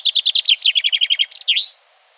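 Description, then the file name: Common chaffinch song: a rapid series of many notes, dropping slightly in pitch, ending in a flourish, then silence. "Fringilla coelebs"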